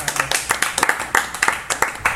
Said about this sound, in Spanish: La verdad, quiero que le demos un aplauso fuerte.